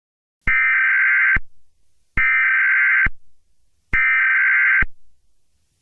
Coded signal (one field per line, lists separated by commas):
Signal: Emergency Alert System (SAME) tones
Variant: header bursts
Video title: EAS Scenario 1: A Sleeping Demon (DO NOT SLEEP)